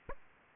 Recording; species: mosquito wingbeat signal from an infrared sensor; Aedes aegypti